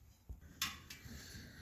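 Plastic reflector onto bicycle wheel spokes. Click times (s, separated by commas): 0.6 s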